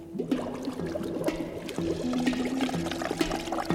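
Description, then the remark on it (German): A whirlpool's churning water gurgles and sloshes steadily, with a low swirling hum and bubbling, slurping surges throughout as it sucks water down. “Dreimal gurgelt sie tägliches aus und schlurfet es dreimal schrecklich hinein.”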